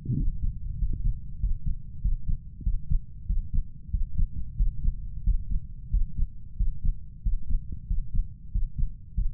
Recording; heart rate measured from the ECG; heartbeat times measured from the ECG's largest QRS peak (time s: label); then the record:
heart sounds by stethoscope; 94 bpm
0.18 s: heartbeat
0.80 s: heartbeat
1.41 s: heartbeat
2.03 s: heartbeat
2.65 s: heartbeat
3.28 s: heartbeat
3.92 s: heartbeat
4.58 s: heartbeat
5.25 s: heartbeat
5.92 s: heartbeat
6.59 s: heartbeat
7.25 s: heartbeat
7.89 s: heartbeat
8.54 s: heartbeat
9.16 s: heartbeat
From the record:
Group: healthy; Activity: Valsalva maneuver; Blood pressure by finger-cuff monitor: 138/86 mmHg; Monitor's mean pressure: 97 mmHg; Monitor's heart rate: 93 bpm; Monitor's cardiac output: 6.9 L/min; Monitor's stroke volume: 73 mL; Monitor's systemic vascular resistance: 1050 dyn s/cm5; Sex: male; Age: 21 years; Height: 175 cm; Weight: 72.6 kg